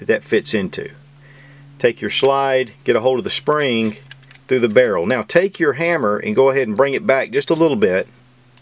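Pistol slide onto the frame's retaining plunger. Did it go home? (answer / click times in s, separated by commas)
no / none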